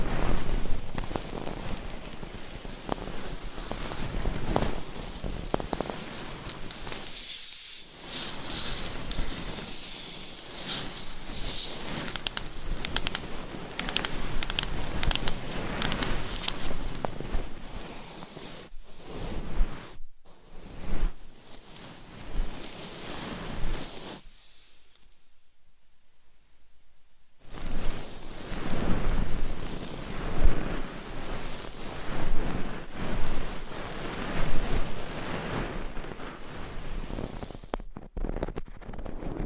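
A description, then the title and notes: Microphone scratching, brushing and tapping, with dense rustling strokes that rise and fall in irregular bursts through most of the clip. Brief near-silent gaps fall around 8 and 20 seconds, and a longer quiet pause runs from about 24 to 27 seconds before the scratching resumes. ASMR Binaural Mic Scratching , Massage ,Tapping & Brushing Hypnotic Asmr No Talking.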